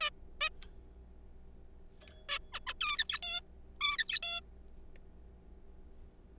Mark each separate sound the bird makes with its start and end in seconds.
0.01-0.10, 0.41-0.49, 2.29-2.38, 2.53-2.59, 2.67-2.74, 2.81-2.97, 2.99-3.19, 3.23-3.41, 3.81-3.96, 3.98-4.19, 4.23-4.41